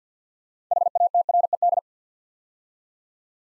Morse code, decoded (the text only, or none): HATRED